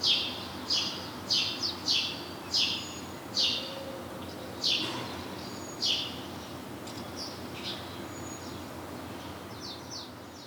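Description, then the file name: House sparrow chirps in a loose cluster early on, then sparser fainter notes and a few thin whistles later, over a soft continuous hiss. "Passer domesticus"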